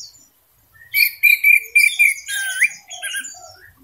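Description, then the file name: Orange-headed thrush song with a quick run of repeated bright notes followed by a buzzy, rising slur and scratchy trailing warbles. Singing style described as 'teler gacor dor', meaning intense, constant singing. "suara anis merah teler gacor dor"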